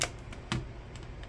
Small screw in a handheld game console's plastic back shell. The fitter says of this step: Yeah, I'm I'm just not going to put this one back in. This one's super stripped out.